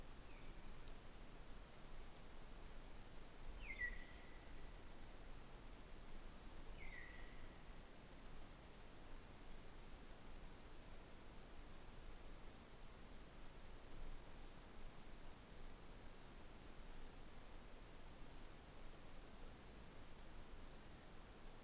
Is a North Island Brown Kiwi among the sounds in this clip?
no